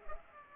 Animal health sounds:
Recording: mosquito wingbeat signal from an infrared sensor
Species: Culex pipiens

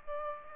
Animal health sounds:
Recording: mosquito wingbeat signal from an infrared sensor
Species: Aedes aegypti

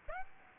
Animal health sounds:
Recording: mosquito wingbeat signal from an infrared sensor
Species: Aedes aegypti

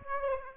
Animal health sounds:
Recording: mosquito wingbeat signal from an infrared sensor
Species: Aedes aegypti

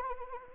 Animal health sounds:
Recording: mosquito wingbeat signal from an infrared sensor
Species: Anopheles arabiensis

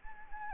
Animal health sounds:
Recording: mosquito wingbeat signal from an infrared sensor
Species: Anopheles gambiae

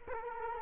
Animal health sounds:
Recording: mosquito wingbeat signal from an infrared sensor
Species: Culex quinquefasciatus

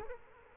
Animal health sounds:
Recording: mosquito wingbeat signal from an infrared sensor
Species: Culex quinquefasciatus

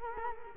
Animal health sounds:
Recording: mosquito wingbeat signal from an infrared sensor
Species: Culex quinquefasciatus

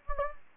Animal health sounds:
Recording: mosquito wingbeat signal from an infrared sensor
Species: Anopheles gambiae

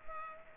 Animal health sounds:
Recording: mosquito wingbeat signal from an infrared sensor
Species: Culex pipiens

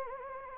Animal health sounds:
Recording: mosquito wingbeat signal from an infrared sensor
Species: Anopheles gambiae

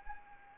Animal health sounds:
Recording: mosquito wingbeat signal from an infrared sensor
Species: Anopheles arabiensis

